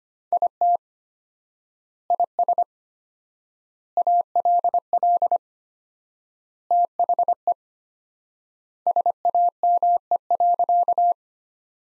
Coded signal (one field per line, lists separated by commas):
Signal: Morse code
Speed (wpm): 25 wpm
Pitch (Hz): 700 Hz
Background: none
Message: IT IS ALL THE SAME.